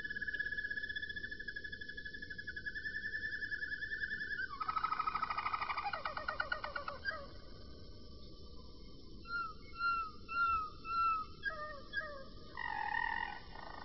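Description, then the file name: Roller canary song: rolling trills that shift in pitch, a louder roll, then soft slurred whistled notes and another roll, over a constant low hiss. "kenari-roller-v 4-omkicau"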